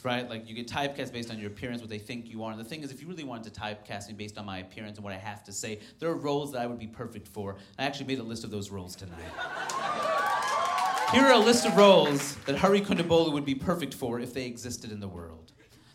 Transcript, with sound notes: Like, you get typecast based on your appearance, what they think you are. And the thing is if you really wanted to typecast me based on my appearance and what I have to say, there are roles that I would be perfect for. I actually made a list of those roles tonight.
(LAUGHTER)
Here are a list of roles that Hari Kondabolu would be perfect for if they existed in the world.